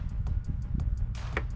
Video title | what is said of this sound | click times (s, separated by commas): How to Perform a tune up on a Mercruiser Engine part 2 | I heard the click. Now screw it down. | 1.4 s